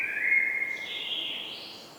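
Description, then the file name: Common blackbird giving a single drawn-out fluty whistle that slides upward and fades, over faint hiss. "Turdus merula"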